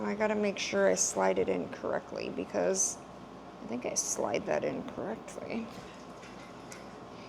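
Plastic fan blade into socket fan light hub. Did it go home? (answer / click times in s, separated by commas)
no / none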